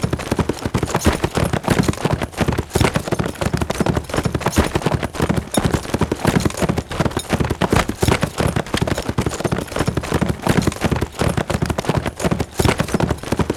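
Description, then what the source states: Horse hooves at a fast gallop, soft thumping beats repeating quickly without pause. Steady fast gallop on grass.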